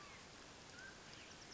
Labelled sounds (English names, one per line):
Mountain Quail